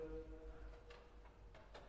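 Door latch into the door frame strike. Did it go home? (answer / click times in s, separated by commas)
no / none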